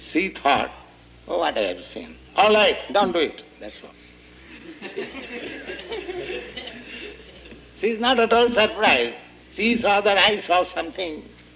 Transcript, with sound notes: she thought, "Oh, what I have seen? All right. Don't do it." That's all. [laughter] She is not at all surprised. She thought that "I saw something.